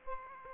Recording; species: mosquito wingbeat signal from an infrared sensor; Aedes aegypti